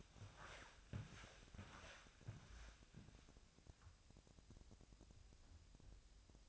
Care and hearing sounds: daily activity, microphone in the room; walk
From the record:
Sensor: 2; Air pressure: 1000.4 hPa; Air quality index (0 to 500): 160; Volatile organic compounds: 3 ppm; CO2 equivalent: 1338 ppm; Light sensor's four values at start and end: 13/34/13/15 and 13/35/13/15

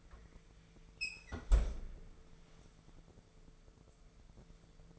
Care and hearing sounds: daily activity, microphone in the room; close fridge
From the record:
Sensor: 5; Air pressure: 1014.9 hPa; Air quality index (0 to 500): 175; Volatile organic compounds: 6 ppm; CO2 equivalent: 1927 ppm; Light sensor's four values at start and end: 61/143/60/64 and 56/129/54/58

